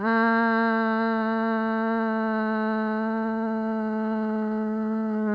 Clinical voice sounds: sustained vowel /a/; female; 50 to 59 years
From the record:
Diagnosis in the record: amyotrophic lateral sclerosis, spinal onset 15 months earlier, bulbar signs present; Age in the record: 55 years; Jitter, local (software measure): 0.26%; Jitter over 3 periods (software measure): 0.15%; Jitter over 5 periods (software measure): 0.18%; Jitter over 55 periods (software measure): 0.53%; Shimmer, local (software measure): 1.9%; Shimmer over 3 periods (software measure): 0.9%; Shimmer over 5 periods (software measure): 1.1%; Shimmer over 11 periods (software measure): 1.5%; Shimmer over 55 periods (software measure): 3.0%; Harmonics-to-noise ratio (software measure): 20.9 dB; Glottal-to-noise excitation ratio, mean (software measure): 0.95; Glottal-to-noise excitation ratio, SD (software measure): 0.026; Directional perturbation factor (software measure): 61.0%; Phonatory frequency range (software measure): 0.25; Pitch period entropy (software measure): 0.70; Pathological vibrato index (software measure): 0.48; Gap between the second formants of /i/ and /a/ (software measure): 797 Hz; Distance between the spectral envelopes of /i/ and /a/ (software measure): 8.3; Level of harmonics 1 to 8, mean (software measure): -4.0, -11.2, -13.4, -14.0, -20.7, -17.5, -17.0, -30.3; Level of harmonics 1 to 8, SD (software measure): 1.0, 1.8, 3.0, 3.8, 6.7, 4.9, 6.5, 7.7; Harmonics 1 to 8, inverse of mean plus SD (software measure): 0.202, 0.077, 0.061, 0.056, 0.036, 0.045, 0.042, 0.026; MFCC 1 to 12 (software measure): 0.9, -14.6, -2.6, -3.5, -15.1, -4.9, -8.4, -17.6, -7.4, -9.1, -9.5, -9.5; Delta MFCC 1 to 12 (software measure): 0.009, 0.004, -0.002, 0.002, -0.002, -0.003, -0.013, -0.001, -0.030, -0.016, 0.013, 0.010

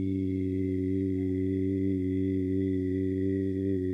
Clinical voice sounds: sustained vowel /i/; male; 50 to 59 years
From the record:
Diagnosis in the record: amyotrophic lateral sclerosis, bulbar onset 23 months earlier, bulbar signs present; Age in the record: 57 years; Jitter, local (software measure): 0.82%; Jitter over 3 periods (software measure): 0.47%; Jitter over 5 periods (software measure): 0.48%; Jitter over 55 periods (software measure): 0.95%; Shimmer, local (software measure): 5.0%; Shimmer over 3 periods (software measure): 2.8%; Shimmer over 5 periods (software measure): 3.2%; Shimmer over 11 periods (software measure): 3.8%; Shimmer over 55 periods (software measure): 6.8%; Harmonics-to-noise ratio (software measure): 14.5 dB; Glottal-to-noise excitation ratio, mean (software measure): 0.85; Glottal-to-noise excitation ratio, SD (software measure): 0.035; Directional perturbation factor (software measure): 74.5%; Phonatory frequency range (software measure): 0.10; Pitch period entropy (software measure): 1.62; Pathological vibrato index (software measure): 0.40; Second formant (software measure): 2074 Hz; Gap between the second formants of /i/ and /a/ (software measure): 927 Hz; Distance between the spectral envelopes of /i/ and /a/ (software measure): 6.0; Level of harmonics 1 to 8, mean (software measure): -6.5, -8.0, -1.8, -6.3, -27.0, -38.0, -50.3, -59.7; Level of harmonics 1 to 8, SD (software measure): 0.5, 1.2, 0.9, 1.7, 3.2, 4.2, 5.2, 5.5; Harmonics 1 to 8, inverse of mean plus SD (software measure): 0.142, 0.108, 0.364, 0.124, 0.033, 0.024, 0.018, 0.015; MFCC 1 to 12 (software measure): 5.6, 22.5, 5.9, -21.0, -11.4, 1.7, -19.7, 13.1, 2.1, -1.3, 7.4, -0.8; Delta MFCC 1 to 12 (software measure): -0.001, -0.017, 0.008, -0.004, -0.026, 0.025, -0.008, 0.005, 0.023, -0.001, -0.016, 0.010

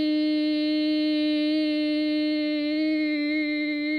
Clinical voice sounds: sustained vowel /i/; female; 50 to 59 years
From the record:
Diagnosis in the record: healthy control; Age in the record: 57 years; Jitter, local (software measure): 0.12%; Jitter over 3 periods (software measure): 0.08%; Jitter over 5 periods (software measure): 0.12%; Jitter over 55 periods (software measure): 0.43%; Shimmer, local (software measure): 0.9%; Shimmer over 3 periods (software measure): 0.4%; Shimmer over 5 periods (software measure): 0.6%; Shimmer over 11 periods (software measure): 0.9%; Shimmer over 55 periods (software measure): 2.4%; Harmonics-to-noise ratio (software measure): 24.2 dB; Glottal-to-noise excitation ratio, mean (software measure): 0.95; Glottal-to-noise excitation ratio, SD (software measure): 0.027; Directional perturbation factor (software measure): 30.9%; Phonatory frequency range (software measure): 0.09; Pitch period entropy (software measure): 0.59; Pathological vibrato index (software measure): 0.37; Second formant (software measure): 2143 Hz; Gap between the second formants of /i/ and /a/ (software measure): 806 Hz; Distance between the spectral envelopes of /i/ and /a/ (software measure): 10.1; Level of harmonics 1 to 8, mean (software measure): -1.9, -13.5, -41.8, -37.1, -37.6, -28.4, -18.6, -28.3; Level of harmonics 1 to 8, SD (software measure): 1.4, 1.9, 2.4, 1.2, 1.1, 1.4, 4.4, 3.5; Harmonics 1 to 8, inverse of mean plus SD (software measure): 0.303, 0.065, 0.023, 0.026, 0.026, 0.034, 0.044, 0.031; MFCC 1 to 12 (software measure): -9.8, 8.2, -9.3, -26.4, -14.1, -6.4, -11.9, -2.7, -11.5, -5.2, 16.6, 16.9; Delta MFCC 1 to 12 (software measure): 0.000, -0.011, 0.028, -0.011, 0.004, 0.015, -0.027, 0.038, -0.020, 0.000, -0.003, -0.013

